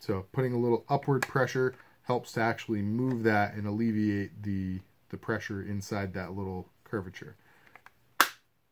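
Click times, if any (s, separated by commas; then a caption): 8.2 s. A knife is pressed into a kydex sheath with slight upward pressure against the sheath's retention curvature while someone talks. It snaps home with a single loud, sharp click at 8.2 s, seating firmly with no rattle.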